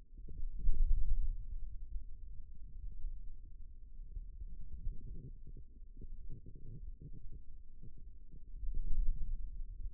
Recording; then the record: forearm muscle sounds (acoustic myography)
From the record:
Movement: ulnar deviation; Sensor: system 2, bracelet of six BSWA MPA416 microphones around the upper forearm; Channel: 3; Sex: male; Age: 22 years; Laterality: right